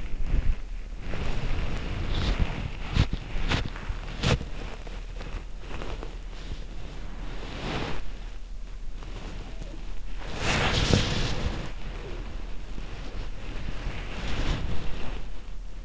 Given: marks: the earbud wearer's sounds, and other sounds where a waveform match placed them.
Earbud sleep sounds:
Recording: sounds in sleep by an in-ear microphone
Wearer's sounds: body movement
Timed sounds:
0.00-15.85 s: body movement

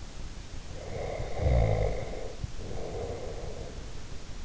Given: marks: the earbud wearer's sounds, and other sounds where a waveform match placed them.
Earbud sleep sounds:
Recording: sounds in sleep by an in-ear microphone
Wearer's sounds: snoring breath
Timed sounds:
0.79-3.97 s: snoring breath

